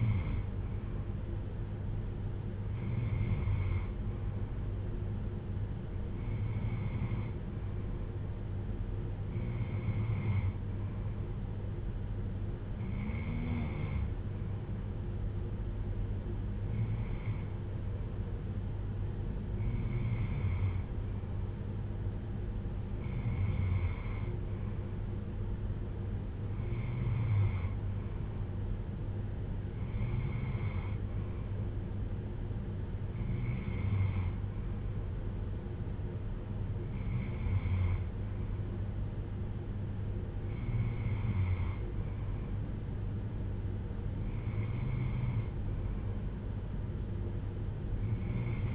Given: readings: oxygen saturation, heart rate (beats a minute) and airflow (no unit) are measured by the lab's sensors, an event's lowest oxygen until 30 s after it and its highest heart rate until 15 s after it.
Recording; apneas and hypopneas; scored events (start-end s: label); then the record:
breathing in sleep by a smartphone at the bedside; none
none scored
From the record:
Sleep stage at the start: N2 (light sleep); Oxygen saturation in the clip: 93 to 94%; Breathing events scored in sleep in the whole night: 310 in 8.1 hours asleep